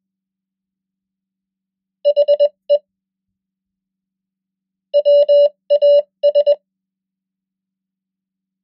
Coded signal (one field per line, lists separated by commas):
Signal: Morse code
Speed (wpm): 21 wpm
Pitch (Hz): 580 Hz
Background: none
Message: HE WAS